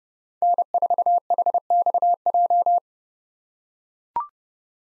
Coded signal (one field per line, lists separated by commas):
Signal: Morse code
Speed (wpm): 31 wpm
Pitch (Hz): 700 Hz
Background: none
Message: N4HXJ